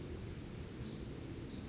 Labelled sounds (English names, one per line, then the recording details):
Pacific Wren
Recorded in Sonoma County, California